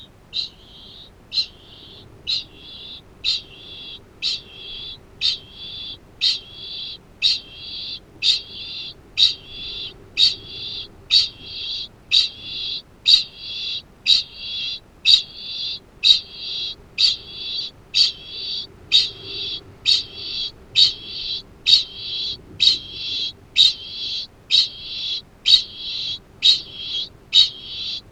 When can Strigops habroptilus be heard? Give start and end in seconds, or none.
0.00-28.12